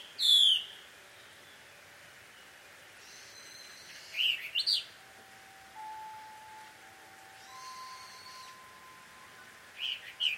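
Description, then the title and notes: Bird calls in short, sharp high bursts: one loud chirp at the start, a scratchy cluster midway, a soft whistle, then a final flurry of chirps. A pair of birds quarrelling at dusk in Takao, Japan; field recording. "鳥の夫婦喧嘩 – Birds Quarrel At Dusk. Recorded in Takao Japan"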